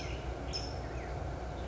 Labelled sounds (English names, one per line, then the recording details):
California Towhee
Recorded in Sonoma County, California